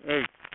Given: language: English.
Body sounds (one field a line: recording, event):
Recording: throat vibration sensor signal played as sound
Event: speech